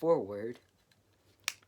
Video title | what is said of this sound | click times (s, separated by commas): ACTION FIGURE REVIEW: Hasbro Transformers Part 1 | and then that snaps, and then you'll do the same here. | 1.5 s